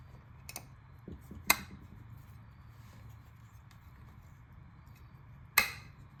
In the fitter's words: This thing, it's got these little tabs, so they should just click in place on the fork.